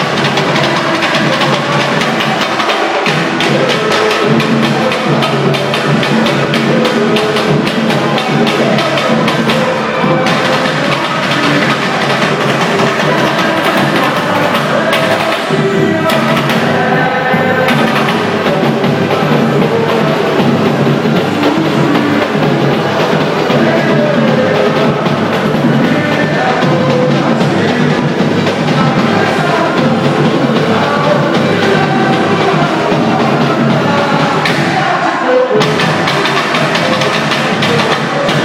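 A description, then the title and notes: A massive party fills the hotel lobby with a dense, unbroken wall of sound, many voices and likely music layered together at a steady high level. Brief thinner moments around 10, 16 and 35 seconds interrupt the crowd noise before it swells back. WTF, there's some kind of massive party going on in the hotel lobby #ohbrasil at Holiday Inn by Dave Haynes.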